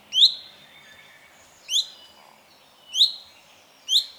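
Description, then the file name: Common chaffinch call: four sharp single notes spaced irregularly, roughly one to one and a half seconds apart, with faint background hiss. "Fringilla coelebs"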